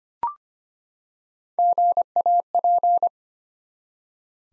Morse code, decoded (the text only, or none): GAP